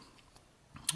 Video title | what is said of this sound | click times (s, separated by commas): SOG Baton Q1 - My new Pen EDC | it's this slip joint you hear that click into place | 0.9 s